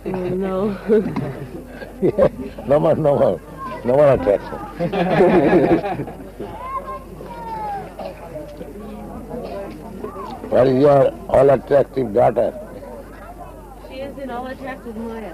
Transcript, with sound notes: No.
Yes. No more, no more. No more attraction. [laughing] Where is your all-attractive daughter?
She is in all-attractive māyā.